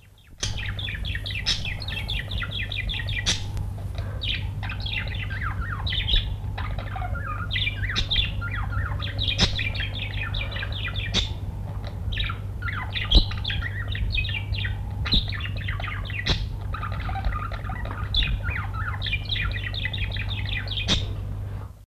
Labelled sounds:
Budgerigar (Melopsittacus undulatus) call
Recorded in captivity
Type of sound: call
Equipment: Halbspur, 9,5 cm/s
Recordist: Lütgens, Hans
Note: Gefangener Wellensittich in Süd-West Afrika aufgenommen

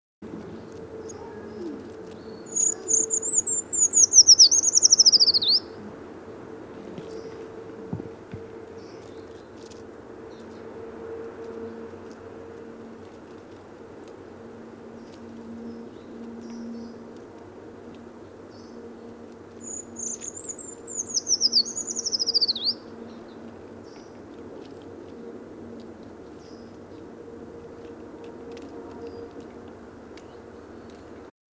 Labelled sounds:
Eurasian Treecreeper (Certhia familiaris) song
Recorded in the wild
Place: Schaabe, Insel Rügen, Mecklenburg-Vorpommern, DE
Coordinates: 54.317, 13.413
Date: 1975-03-09
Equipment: Nagra III BH, Sennheiser MD 21, parabola
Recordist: Schubert, Michael
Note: Gesang Waldbaumläufer

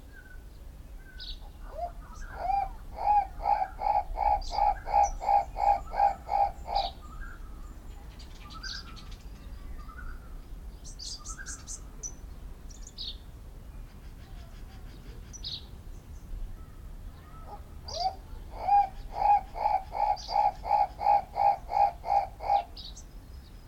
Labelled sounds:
Guinea Turaco (Tauraco persa) call
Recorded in captivity
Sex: male
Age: adult
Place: Zoo Berlin, Berlin, DE
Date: 1994-04-16 12:49
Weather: heiter, 7-12°C
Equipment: Marantz CP 430, Sennheiser ME 80, Kopie Uher Variocord 263
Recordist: Tembrock, Günter

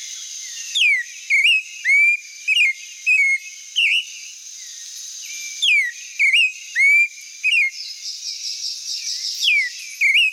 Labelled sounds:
Clay-colored Thrush (Turdus grayi) song
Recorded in the wild
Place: Quepos / Manuel Antonio Nationalpark, CR
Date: 1992-04-22
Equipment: Dat-Recorder Casio DA 7, Telinga DAT, Telinga-Parabolspiegel
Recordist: Schwarz, Dieter

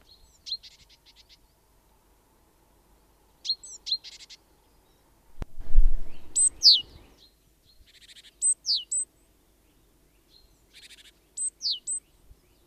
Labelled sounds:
Great Tit (Parus major) call
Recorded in the wild
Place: Garmisch-Partenkirchen, Bayern, DE
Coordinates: 47.5203, 11.0819
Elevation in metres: 847
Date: 1972-04-01
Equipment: Nagra
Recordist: Tretzel, Erwin

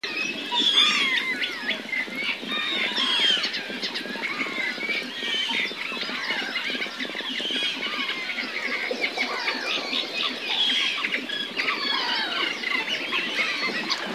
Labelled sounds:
Water Rail (Rallus aquaticus) call
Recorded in the wild
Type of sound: call
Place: Kützerhof, Kummerower See, Mecklenburg-Vorpommern, DE
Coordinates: 53.8531, 12.8686
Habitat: wetland
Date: 2010-06-22
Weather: heiter, 9°C, schwacher Wind
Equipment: Sound Devices 702, Rode NT1-A Stereopaar
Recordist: Frommolt, Karl-Heinz
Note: Straße vom Kützerhof nach Aalbude, Polder Große Rosin: Knurren einer Wasserralle. Tier nicht gesehen

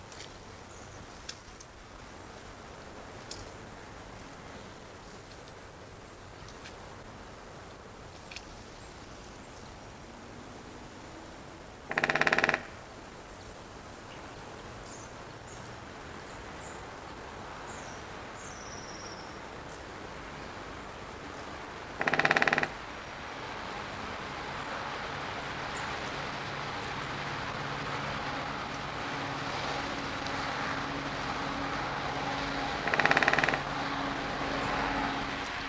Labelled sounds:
Leopard (Panthera pardus) contact call
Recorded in captivity
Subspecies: japonensis
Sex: female
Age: adult
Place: Zoo Rostock, Mecklenburg-Vorpommern, DE
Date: 1984-02-02 12:00
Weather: overcast, 2°C
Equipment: Nagra SN, Kopie Uher 4000 Report Monitor
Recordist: Tembrock, Günter

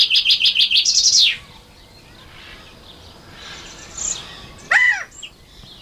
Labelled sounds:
California Quail (Callipepla californica) call, Common Chaffinch (Fringilla coelebs)
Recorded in captivity
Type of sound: call
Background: Fringilla coelebs
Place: Zoo Berlin, Berlin, DE
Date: 1986-05-02 10:22
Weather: sonnig, 12°C
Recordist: Tembrock, Günter
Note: 0:35 - 3:53 min)

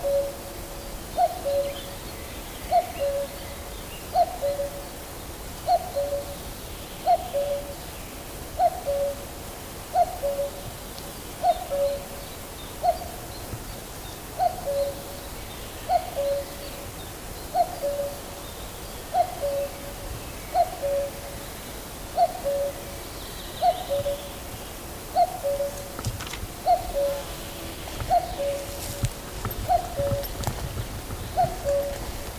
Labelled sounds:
Common Cuckoo (Cuculus canorus)
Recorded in the wild
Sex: male
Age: adult
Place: Mühlenbecker Wald, Brandenburg, DE
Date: 1997-06-07 13:50
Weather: ca. 26°C, heiter, böiger Wind
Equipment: Nagra SN, Kopie Uher 4000 Report Monitor
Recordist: Tembrock, Günter

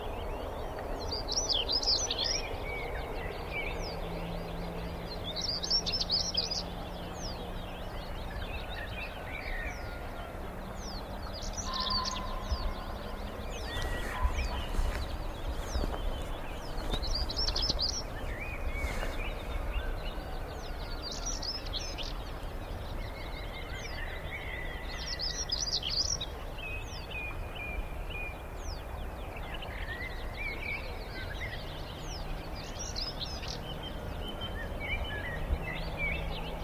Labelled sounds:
European Stonechat (Saxicola rubicola)
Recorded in the wild
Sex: male
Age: adult
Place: Hobrechtsfelder Rieselfelder, Naturpark Barnim, Berlin, DE
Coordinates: 52.6631, 13.4806
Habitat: irrigation field
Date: 2010-04-18
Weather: fair, 5°C, no wind
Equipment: Sound Devices 702, Sennheiser MKH 70, Rycote Windschutz
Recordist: Frommolt, Karl-Heinz

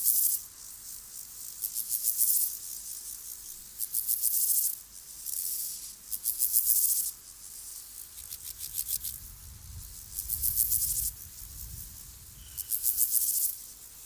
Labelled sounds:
Steppe Grasshopper (Chorthippus dorsatus) stridulation
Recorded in the wild
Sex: male
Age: imago
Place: Summt, Brandenburg, DE
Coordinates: 52.6894, 13.3617
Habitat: wet meadow, glade
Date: 1983-08-20 17:24
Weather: hazy, 28°C
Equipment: Nagra SN (Automatic), Sennheiser MKH 416 T, Kopie Uher 4000 Report Monitor
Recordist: Tembrock, Günter

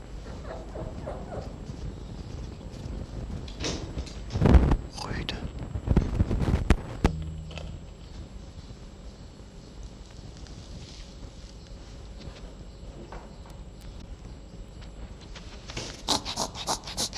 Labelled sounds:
Red Fox (Vulpes vulpes)
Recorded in captivity
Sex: male
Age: juvenile
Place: Zoologisches Institut der HUB, Berlin, DE
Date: 1956-06-03 12:30
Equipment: Elmetra
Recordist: Tembrock, Günter
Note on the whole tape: Molly-Welpen. Männchen: Muffen, Husten, Muffen (mit Winselanlaut)

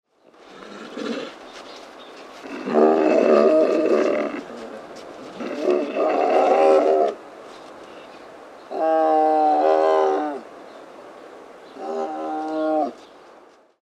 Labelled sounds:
Tiger (Panthera tigris)
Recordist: Tembrock, Günter
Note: Rufe eines trächtigen Weibchens

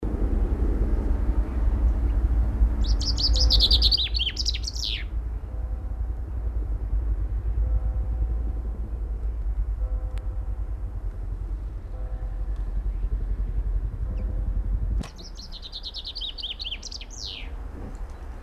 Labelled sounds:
Common Chaffinch (Fringilla coelebs) song
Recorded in the wild
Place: Oberstdorf, Bayern, DE
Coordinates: 47.415, 10.2603
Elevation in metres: 889
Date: 1980-04-06
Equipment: Uher 4000 Report
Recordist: Tretzel, Erwin

